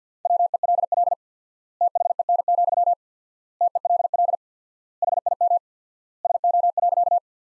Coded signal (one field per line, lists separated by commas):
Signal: Morse code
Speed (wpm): 50 wpm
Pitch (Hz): 700 Hz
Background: none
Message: WELL THEN, TELL HIM SO.